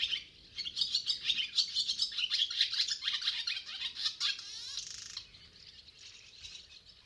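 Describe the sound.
Barn swallow twitter: a quick stream of high, scratchy chirps that ends in a buzzy rattle, followed by faint scattered notes.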